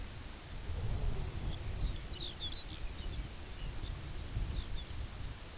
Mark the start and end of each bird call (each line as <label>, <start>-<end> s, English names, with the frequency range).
Lapland Longspur (1.4-6.5 kHz), 1.25-4.94 s